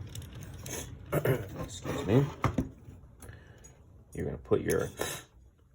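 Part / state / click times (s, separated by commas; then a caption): tape door linkage into a car radio faceplate / not seated / none. Someone talks while handling the tape door linkage as it is fitted back into the faceplate of a Mercedes Becker car radio from a W210/W208 E-Class or CLK, with a few small sharp taps and rattles of handling. The linkage has not clicked into place yet, and nothing has seated by the end of the clip.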